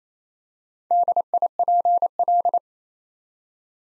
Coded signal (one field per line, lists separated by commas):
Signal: Morse code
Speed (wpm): 29 wpm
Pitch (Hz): 700 Hz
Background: none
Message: DIPL